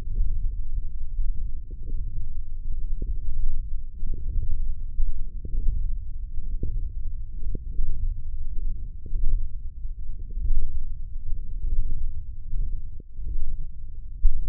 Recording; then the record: forearm muscle sounds (acoustic myography)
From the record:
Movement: hand closing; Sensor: system 1, eight BSWA MPA416 microphones around the upper forearm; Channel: 6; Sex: male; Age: 20 years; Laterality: left